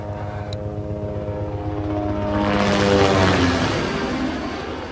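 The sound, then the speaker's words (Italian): Police helicopters searching for migrants who took refuge in a church pass overhead: a steady, low droning whir with layered engine tones that swells louder through the middle and then slowly eases off. No one speaks. “Gli elicotteri sono quelli della polizia che cerca questi migranti che si sono rifugiati in questa chiesa”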